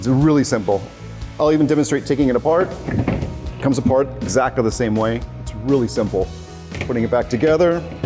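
A modular wall panel is handled as its joiner is fitted toward the channel of the adjoining panel, with someone talking over music throughout. Nothing has seated or clicked yet; the clip ends before the joiner goes home.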